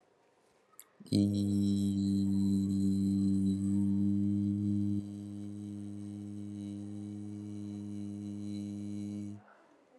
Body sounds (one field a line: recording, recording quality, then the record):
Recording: sustained vowel as in beet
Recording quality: excellent, no background noise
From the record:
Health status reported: recovered from COVID-19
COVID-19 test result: positive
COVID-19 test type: RT-PCR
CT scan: not taken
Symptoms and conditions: cough, fatigue, muscle pain, loss of smell and taste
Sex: male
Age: 21 years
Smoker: no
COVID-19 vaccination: both doses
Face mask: not worn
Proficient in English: yes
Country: India